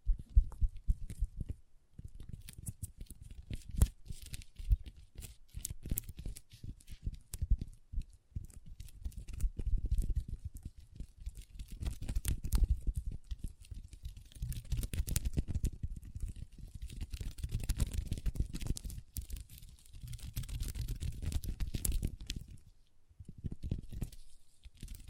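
Long nails tap and scratch across a table in dense, irregular bursts, with crisp clicks over a low rumbling scrape that comes and goes throughout. Brief pauses near 2, 16 and 23 seconds break up the otherwise continuous rubbing and tapping, and no voice is heard.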